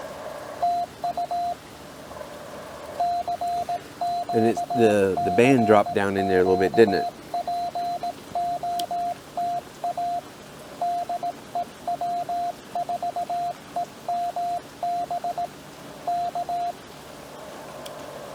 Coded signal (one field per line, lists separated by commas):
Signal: Morse code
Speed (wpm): 18 wpm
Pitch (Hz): 700 Hz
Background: speech, radio noise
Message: TU CQ CQ POTA DE W4EMB K